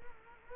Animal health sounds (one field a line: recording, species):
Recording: mosquito wingbeat signal from an infrared sensor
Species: Culex quinquefasciatus